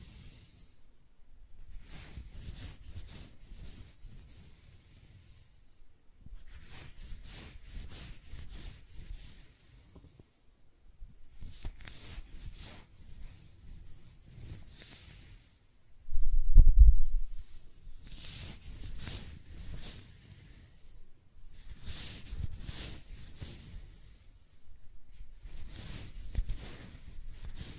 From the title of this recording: Close-Up Hair Sounds - Scratching, Brushing, Stroking